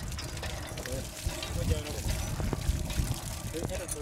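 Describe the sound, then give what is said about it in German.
Water splashes and pours from the spout of the hand pump on a village's newly drilled well in uneven surges, flowing in rhythm with the pump strokes, a broad wet rush over low clattering, with villagers talking in the background as it rains. “Das Wasser fließt im Rhythmus der Pumpstöße aus dem Ausguss, während einer der Monteure noch die letzten Schrauben nachzieht.”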